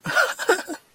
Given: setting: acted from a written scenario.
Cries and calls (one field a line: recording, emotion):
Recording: vocal sound without words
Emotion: amusement